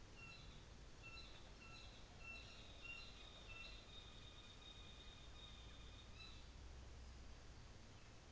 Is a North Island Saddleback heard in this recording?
yes